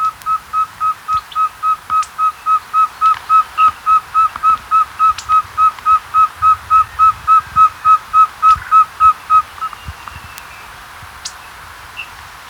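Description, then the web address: Andean pygmy owl tooting a long, very regular series of about thirty clear whistled notes, over three per second, then falling silent. Faint background hiss. Ecuador, South America. "Natures Songs S America Birds of Ecuador Andean Pygmy Owl"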